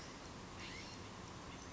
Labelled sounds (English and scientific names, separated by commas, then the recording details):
California Scrub-Jay (Aphelocoma californica)
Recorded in Sonoma County, California